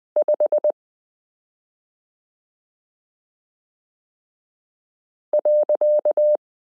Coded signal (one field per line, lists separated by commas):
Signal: Morse code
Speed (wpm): 20 wpm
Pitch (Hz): 600 Hz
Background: none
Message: 5.